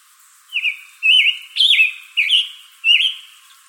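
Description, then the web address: Scarlet tanager giving five burry, hoarse phrases at a quick, fairly even rhythm against a quiet background. Recorded in Arizona on 22 June 2012. "Tanagers. SCTA stejskal 062212"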